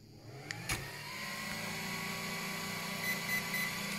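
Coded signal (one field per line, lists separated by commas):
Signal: beep code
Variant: Hobbywing ESC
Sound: three short, evenly spaced high beeps over a steady electrical hum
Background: motor or electrical hum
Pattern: 3 short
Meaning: A three-cell (3S) battery was detected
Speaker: so those three beeps are from the three cells or let's say i'm using a three cell battery or three s batteries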